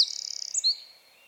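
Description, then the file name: Eurasian wren song fragment: a rapid high buzzy trill, then two sharp upslurred notes before fading out. "Troglodytes troglodytes"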